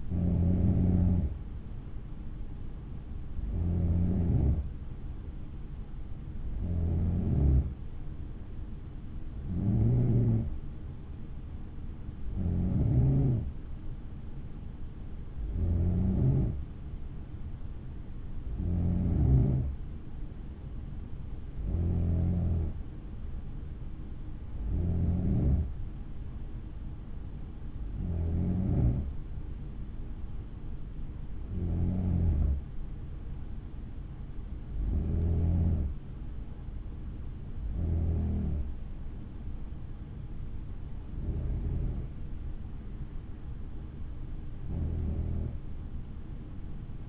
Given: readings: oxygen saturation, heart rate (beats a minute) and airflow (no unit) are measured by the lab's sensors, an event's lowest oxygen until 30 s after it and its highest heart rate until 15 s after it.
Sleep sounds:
breathing in sleep by a smartphone at the bedside; none
6.00-47.09 s: new sleep stage, N3 (deep sleep)
From the record:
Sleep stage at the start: N2 (light sleep); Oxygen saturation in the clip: 92 to 94%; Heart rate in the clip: 56 to 62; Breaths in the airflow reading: 15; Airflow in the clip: -6.0 to 6.1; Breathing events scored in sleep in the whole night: 216 in 7.0 hours asleep

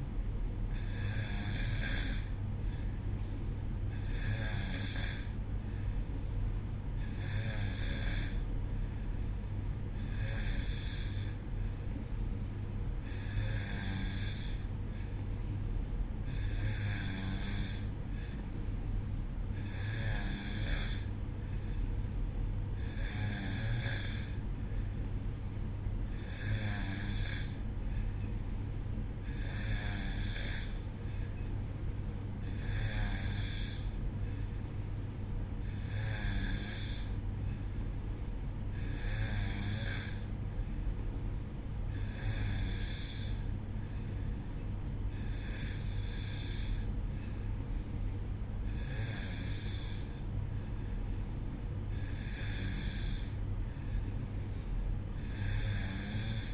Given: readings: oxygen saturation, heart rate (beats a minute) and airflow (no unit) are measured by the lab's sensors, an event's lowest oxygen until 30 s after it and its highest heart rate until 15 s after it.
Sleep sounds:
breathing in sleep by a smartphone at the bedside; none
none scored
From the record:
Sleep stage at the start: N2 (light sleep); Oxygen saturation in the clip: 91%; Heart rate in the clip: 62 to 65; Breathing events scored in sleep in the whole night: 305 in 9.6 hours asleep

